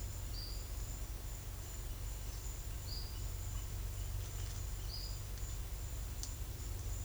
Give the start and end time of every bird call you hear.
0.35s-0.71s: bird call
2.85s-3.23s: bird call
4.86s-5.23s: bird call

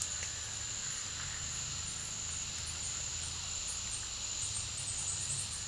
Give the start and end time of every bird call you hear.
2.62s-5.61s: bird call

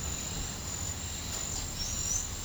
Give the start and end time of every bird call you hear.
1.75s-2.34s: bird call

